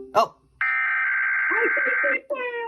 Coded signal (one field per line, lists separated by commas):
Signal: Emergency Alert System (SAME) tones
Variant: header bursts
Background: speech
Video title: (ARCHIVED) KDKA SAYS THE N WORD CONFIRMED?!?! (EAS #113-114)